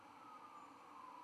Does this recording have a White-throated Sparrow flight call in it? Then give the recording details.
no. No flight call is heard. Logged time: 23:18 on 10 November 2014